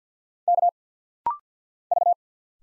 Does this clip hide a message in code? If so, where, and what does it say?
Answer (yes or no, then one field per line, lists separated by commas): yes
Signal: Morse code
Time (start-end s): 0.5-2.1 s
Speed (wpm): 50 wpm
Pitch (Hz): 700 Hz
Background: none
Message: K V